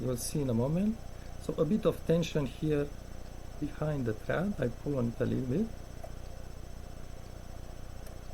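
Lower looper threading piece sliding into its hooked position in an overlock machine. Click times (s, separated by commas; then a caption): 8.1 s. Someone talks while keeping light tension on the thread and sliding the lower looper threading piece of an overlock serger to the left under the needle plate. After the talking stops, a very faint click sounds at 8.1 s as the piece latches into its hooked position and captures the thread.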